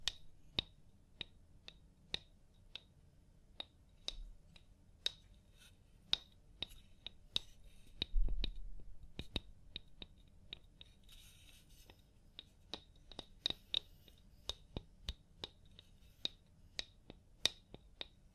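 Scalp massage and hair wash sounds: a steady run of sharp, crisp clicks and taps, about two per second, over a soft low rumble. Around eight seconds a brief louder thumping patch rises, and near eleven to twelve seconds a faint airy hiss drifts in.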